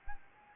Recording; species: mosquito wingbeat signal from an infrared sensor; Anopheles gambiae